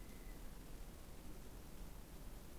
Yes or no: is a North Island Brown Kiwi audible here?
no